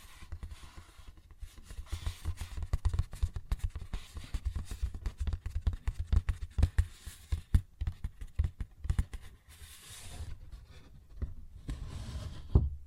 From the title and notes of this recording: ASMR Paper Bag Tapping and Scratching Sounds (No Talking).